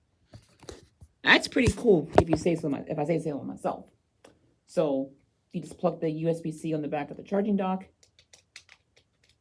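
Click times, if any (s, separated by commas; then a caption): none. Someone talks while a USB-C cable plug is brought to the port on the back of a BlindShell Classic 2 phone charging dock. Several small, faint handling taps follow near the end, around 8.0 to 8.7 s. Nothing has seated or clicked yet when the clip ends.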